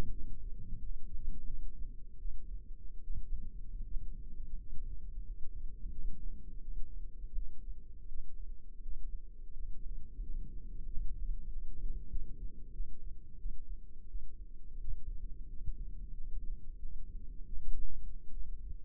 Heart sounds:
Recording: heart sounds by microphone in the left ear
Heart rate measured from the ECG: 86 bpm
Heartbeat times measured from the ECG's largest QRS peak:
0.09 s: heartbeat
0.76 s: heartbeat
1.44 s: heartbeat
2.16 s: heartbeat
3.01 s: heartbeat
3.81 s: heartbeat
4.53 s: heartbeat
5.22 s: heartbeat
5.89 s: heartbeat
6.59 s: heartbeat
7.33 s: heartbeat
8.06 s: heartbeat
8.79 s: heartbeat
9.51 s: heartbeat
10.19 s: heartbeat
10.84 s: heartbeat
11.46 s: heartbeat
12.08 s: heartbeat
12.71 s: heartbeat
13.36 s: heartbeat
14.06 s: heartbeat
14.79 s: heartbeat
15.46 s: heartbeat
16.11 s: heartbeat
16.77 s: heartbeat
17.44 s: heartbeat
18.29 s: heartbeat
From the record:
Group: healthy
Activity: rest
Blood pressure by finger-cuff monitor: 109/58 mmHg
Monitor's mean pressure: 73 mmHg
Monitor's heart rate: 88 bpm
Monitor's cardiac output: 7.7 L/min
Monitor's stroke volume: 86 mL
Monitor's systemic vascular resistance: 710 dyn s/cm5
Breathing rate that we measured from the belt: 11 breaths a minute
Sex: female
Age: 26 years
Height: 165 cm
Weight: 55 kg

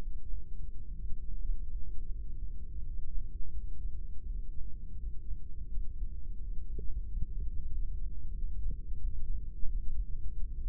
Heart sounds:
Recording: heart sounds by microphone in the right ear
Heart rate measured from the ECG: 85 bpm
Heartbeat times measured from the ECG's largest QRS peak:
0.41 s: heartbeat
1.40 s: heartbeat
2.11 s: heartbeat
2.82 s: heartbeat
3.53 s: heartbeat
4.25 s: heartbeat
4.96 s: heartbeat
5.68 s: heartbeat
6.39 s: heartbeat
7.04 s: heartbeat
7.70 s: heartbeat
8.34 s: heartbeat
8.99 s: heartbeat
9.66 s: heartbeat
10.33 s: heartbeat
From the record:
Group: heart failure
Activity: breath hold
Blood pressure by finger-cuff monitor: 89/65 mmHg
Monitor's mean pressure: 75 mmHg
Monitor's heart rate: 85 bpm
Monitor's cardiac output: 3.6 L/min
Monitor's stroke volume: 42 mL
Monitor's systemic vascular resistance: 1410 dyn s/cm5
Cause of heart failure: ischemic heart disease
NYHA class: 2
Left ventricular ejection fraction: 34%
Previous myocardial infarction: present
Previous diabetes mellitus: present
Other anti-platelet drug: present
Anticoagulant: apixaban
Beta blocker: bisoprolol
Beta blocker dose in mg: 10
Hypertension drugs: sacubitril-valsartan, spironolactone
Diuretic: furosemide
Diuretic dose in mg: 40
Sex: male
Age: 57 years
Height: 149 cm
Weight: 44.5 kg

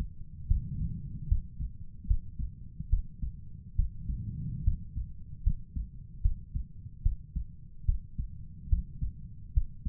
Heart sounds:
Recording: heart sounds by stethoscope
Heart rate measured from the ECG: 73 bpm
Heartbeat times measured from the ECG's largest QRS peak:
0.47 s: heartbeat
1.28 s: heartbeat
2.07 s: heartbeat
2.89 s: heartbeat
3.75 s: heartbeat
4.64 s: heartbeat
5.43 s: heartbeat
6.21 s: heartbeat
7.02 s: heartbeat
7.85 s: heartbeat
8.69 s: heartbeat
9.53 s: heartbeat
From the record:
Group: healthy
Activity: rest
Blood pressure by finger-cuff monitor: 122/79 mmHg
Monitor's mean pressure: 96 mmHg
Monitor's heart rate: 74 bpm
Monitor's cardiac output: 5.8 L/min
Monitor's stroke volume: 77 mL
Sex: male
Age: 35 years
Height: 178 cm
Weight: 64 kg

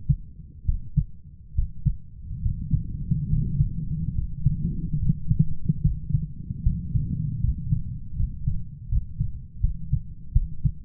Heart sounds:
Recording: heart sounds by stethoscope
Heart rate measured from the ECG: 74 bpm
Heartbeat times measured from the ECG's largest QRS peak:
0.65 s: heartbeat
1.54 s: heartbeat
2.41 s: heartbeat
3.28 s: heartbeat
4.14 s: heartbeat
4.98 s: heartbeat
5.81 s: heartbeat
6.62 s: heartbeat
7.40 s: heartbeat
8.15 s: heartbeat
8.88 s: heartbeat
9.60 s: heartbeat
10.32 s: heartbeat
From the record:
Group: healthy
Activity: cold pressor test 0-1 s, rest 1-11 s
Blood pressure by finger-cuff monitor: 123/75 mmHg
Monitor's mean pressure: 86 mmHg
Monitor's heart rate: 71 bpm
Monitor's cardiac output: 7.6 L/min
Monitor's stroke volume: 106 mL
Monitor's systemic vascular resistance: 880 dyn s/cm5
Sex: male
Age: 23 years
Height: 178 cm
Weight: 96.6 kg

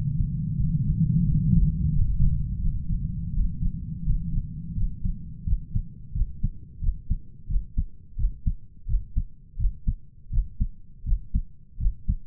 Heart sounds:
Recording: heart sounds by stethoscope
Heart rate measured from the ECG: 86 bpm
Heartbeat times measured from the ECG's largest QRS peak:
0.58 s: heartbeat
1.26 s: heartbeat
1.94 s: heartbeat
2.62 s: heartbeat
3.34 s: heartbeat
4.05 s: heartbeat
4.76 s: heartbeat
5.46 s: heartbeat
6.14 s: heartbeat
6.81 s: heartbeat
7.48 s: heartbeat
8.17 s: heartbeat
8.87 s: heartbeat
9.58 s: heartbeat
10.31 s: heartbeat
11.05 s: heartbeat
11.79 s: heartbeat
From the record:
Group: healthy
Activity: rest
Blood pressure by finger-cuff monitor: 125/72 mmHg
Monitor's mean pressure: 88 mmHg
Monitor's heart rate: 86 bpm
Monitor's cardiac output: 8 L/min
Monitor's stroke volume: 96 mL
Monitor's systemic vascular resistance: 780 dyn s/cm5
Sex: male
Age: 33 years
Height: 179 cm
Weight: 80.4 kg

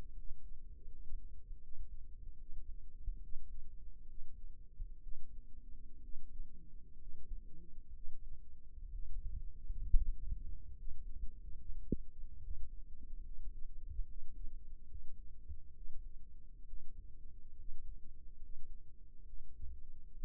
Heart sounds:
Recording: heart sounds by microphone in the right ear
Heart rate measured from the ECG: 69 bpm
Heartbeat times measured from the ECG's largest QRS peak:
0.14 s: heartbeat
0.87 s: heartbeat
1.60 s: heartbeat
2.36 s: heartbeat
3.20 s: heartbeat
4.05 s: heartbeat
5.00 s: heartbeat
6.00 s: heartbeat
6.96 s: heartbeat
7.91 s: heartbeat
8.90 s: heartbeat
9.89 s: heartbeat
10.74 s: heartbeat
11.57 s: heartbeat
12.39 s: heartbeat
13.22 s: heartbeat
14.05 s: heartbeat
14.86 s: heartbeat
15.73 s: heartbeat
16.65 s: heartbeat
17.56 s: heartbeat
18.39 s: heartbeat
19.24 s: heartbeat
20.10 s: heartbeat
From the record:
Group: healthy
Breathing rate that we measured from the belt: 17 breaths a minute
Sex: male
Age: 22 years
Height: 181 cm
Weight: 79 kg

